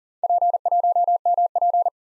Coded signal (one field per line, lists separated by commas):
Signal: Morse code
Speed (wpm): 40 wpm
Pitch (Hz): 700 Hz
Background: none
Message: P1MP